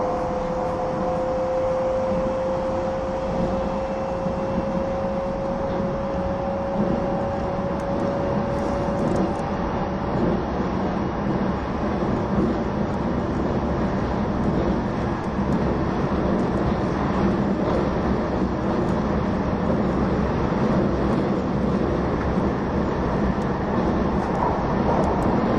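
The E261 Saphir Odoriko No. 1 train runs with a steady, dense rumble that holds at an even level for the whole recording. A thin whine sounds over the first ten seconds, slowly rising in pitch before fading out, while soft clatter continues underneath.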